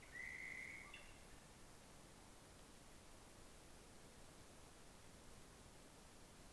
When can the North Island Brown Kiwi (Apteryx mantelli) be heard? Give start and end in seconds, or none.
none